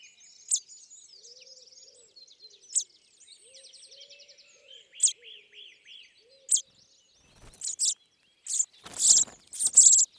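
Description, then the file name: Common chaffinch giving sharp, short call notes at uneven intervals, with other birds trilling in the background. "Fringilla coelebs"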